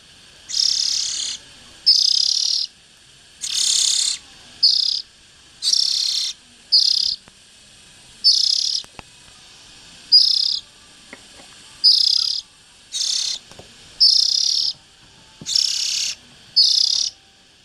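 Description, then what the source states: Oriental magpie-robin: a long series of harsh hissing bursts, roughly one each second, in otherwise quiet surroundings. Young birds.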